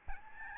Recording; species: mosquito wingbeat signal from an infrared sensor; Aedes albopictus